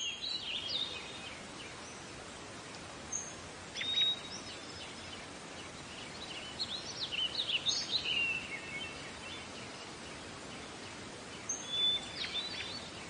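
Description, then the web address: Sparse high bird chirps and brief twitters come in short bursts separated by pauses, set against steady background noise. "Meng Jun Bo. 自然-鸟鸣"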